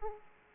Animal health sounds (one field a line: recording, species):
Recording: mosquito wingbeat signal from an infrared sensor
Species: Aedes aegypti